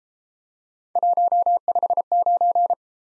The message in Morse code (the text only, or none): 159